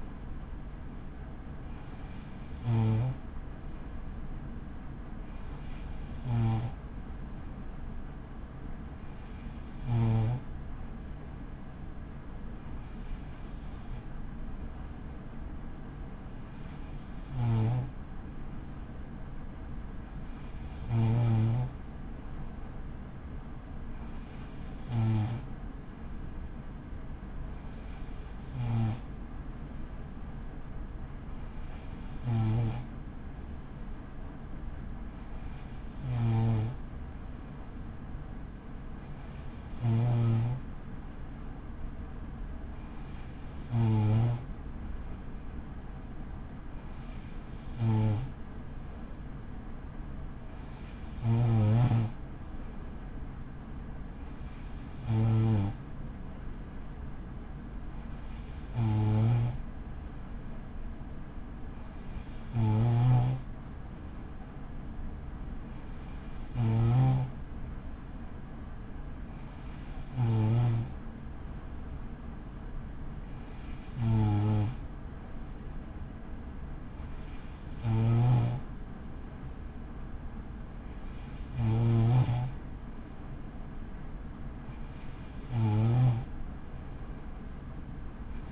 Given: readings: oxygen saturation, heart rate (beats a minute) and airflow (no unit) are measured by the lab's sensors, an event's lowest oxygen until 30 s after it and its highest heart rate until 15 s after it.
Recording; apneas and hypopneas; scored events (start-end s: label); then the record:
breathing in sleep by a smartphone at the bedside; none
none scored
From the record:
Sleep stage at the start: N2 (light sleep); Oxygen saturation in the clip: 94 to 95%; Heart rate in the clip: 46 to 61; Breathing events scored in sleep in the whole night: 83 in 6.1 hours asleep